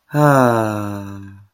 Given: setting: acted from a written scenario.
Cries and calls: vocal sound without words; contentment

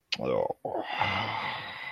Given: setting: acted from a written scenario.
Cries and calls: vocal sound without words; anger

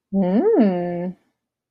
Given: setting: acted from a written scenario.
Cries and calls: vocal sound without words; romantic love

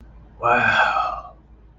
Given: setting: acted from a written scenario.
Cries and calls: vocal sound without words; awe

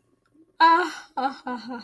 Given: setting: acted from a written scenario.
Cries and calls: vocal sound without words; sympathy

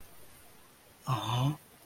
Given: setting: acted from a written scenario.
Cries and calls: vocal sound without words; adoration

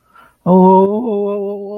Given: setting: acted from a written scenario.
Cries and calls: vocal sound without words; distress

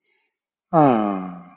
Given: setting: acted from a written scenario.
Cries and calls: vocal sound without words; serenity

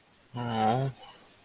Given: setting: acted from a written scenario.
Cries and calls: vocal sound without words; sympathy

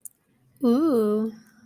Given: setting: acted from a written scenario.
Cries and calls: vocal sound without words; desire

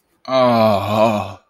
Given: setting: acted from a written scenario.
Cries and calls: vocal sound without words; ecstasy

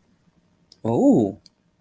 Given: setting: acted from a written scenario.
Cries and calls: vocal sound without words; interest

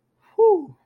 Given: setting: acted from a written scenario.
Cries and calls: vocal sound without words; awe

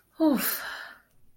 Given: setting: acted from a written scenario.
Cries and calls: vocal sound without words; relief

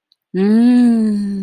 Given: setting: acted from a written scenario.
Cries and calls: vocal sound without words; ecstasy

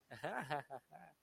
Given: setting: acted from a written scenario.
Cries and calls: vocal sound without words; elation

